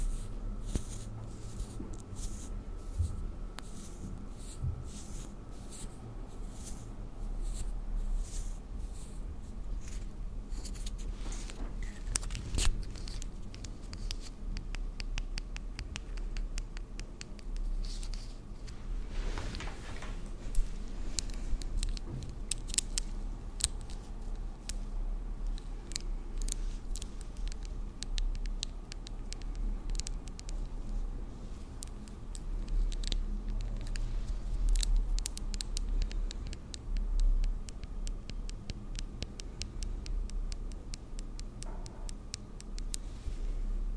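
Makeup is applied to a face, with a dense run of soft taps, clicks and brushing strokes coming irregularly throughout. A steady low hum and a faint thin whine sit underneath, and a longer swishing stroke stands out around twenty seconds.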